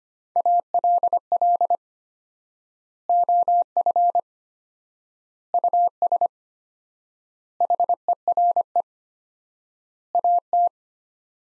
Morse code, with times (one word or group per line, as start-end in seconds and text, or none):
0.4-1.8 ALL
3.1-4.2 OF
5.5-6.3 US
7.6-8.8 HERE
10.1-10.7 AT